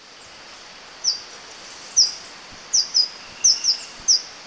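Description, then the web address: Golden-eyed flowerpiercer song of high, thin, slurred downward notes, repeated roughly every half second to second, some in quick doublets, against constant soft background hiss. Ecuador. "Birds of Ecuador Golden-eyed Flowerpiercer"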